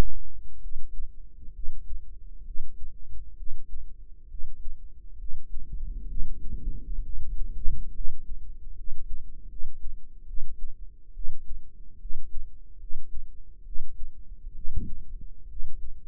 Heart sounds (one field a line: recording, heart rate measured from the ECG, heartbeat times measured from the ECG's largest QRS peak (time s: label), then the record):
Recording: heart sounds by microphone in the right ear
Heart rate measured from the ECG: 69 bpm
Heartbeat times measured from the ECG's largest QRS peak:
0.59 s: heartbeat
1.52 s: heartbeat
2.43 s: heartbeat
3.35 s: heartbeat
4.27 s: heartbeat
5.17 s: heartbeat
6.06 s: heartbeat
7.02 s: heartbeat
7.91 s: heartbeat
8.74 s: heartbeat
9.47 s: heartbeat
10.25 s: heartbeat
11.12 s: heartbeat
11.98 s: heartbeat
12.77 s: heartbeat
13.63 s: heartbeat
14.53 s: heartbeat
15.47 s: heartbeat
From the record:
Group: healthy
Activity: Valsalva maneuver 0-9 s, rest 9-16 s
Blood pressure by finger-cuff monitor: 117/77 mmHg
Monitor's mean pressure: 90 mmHg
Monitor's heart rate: 67 bpm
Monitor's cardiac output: 5.3 L/min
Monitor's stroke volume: 79 mL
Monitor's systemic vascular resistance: 1220 dyn s/cm5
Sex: female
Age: 22 years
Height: 160 cm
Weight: 45 kg